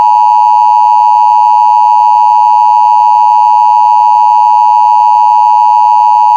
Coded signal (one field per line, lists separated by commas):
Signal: Emergency Alert System (SAME) tones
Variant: 853 and 960 Hz attention tone